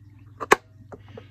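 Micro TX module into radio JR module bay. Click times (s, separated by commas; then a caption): 0.5 s. A small plastic BetaFPV ELRS Micro 2.4GHz transmitter module is pushed into the JR module bay on the back of a radio controller. A soft tick at 0.4 s leads into a sharp, bright snap at 0.5 s as its side tabs lock, followed by fainter ticks around 0.9 s and 1.2 s. The module is seated firmly in place.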